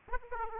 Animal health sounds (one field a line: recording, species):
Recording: mosquito wingbeat signal from an infrared sensor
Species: Aedes aegypti